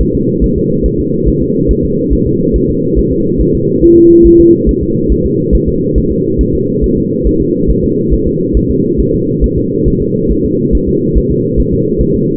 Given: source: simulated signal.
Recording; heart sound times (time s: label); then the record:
fetal heart sounds
0.01 s: S1
0.15 s: S2
0.44 s: S1
0.58 s: S2
0.86 s: S1
1.00 s: S2
1.28 s: S1
1.42 s: S2
1.71 s: S1
1.85 s: S2
2.13 s: S1
2.27 s: S2
2.56 s: S1
2.70 s: S2
2.99 s: S1
3.12 s: S2
3.41 s: S1
3.55 s: S2
3.84 s: S1
3.98 s: S2
4.26 s: S1
4.40 s: S2
4.69 s: S1
4.83 s: S2
5.12 s: S1
5.26 s: S2
5.55 s: S1
5.69 s: S2
5.98 s: S1
6.12 s: S2
6.41 s: S1
6.55 s: S2
6.84 s: S1
6.98 s: S2
7.27 s: S1
7.41 s: S2
7.70 s: S1
7.84 s: S2
8.14 s: S1
8.27 s: S2
8.57 s: S1
8.71 s: S2
9.00 s: S1
9.14 s: S2
9.44 s: S1
9.58 s: S2
9.88 s: S1
10.02 s: S2
10.31 s: S1
10.45 s: S2
10.75 s: S1
10.89 s: S2
11.18 s: S1
11.31 s: S2
11.60 s: S1
11.73 s: S2
12.01 s: S1
12.15 s: S2
From the record:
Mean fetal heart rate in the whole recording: 140 bpm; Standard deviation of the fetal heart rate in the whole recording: 2 bpm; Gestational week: 34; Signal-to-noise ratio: -11.2 dB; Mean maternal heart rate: 72 bpm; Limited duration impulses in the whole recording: present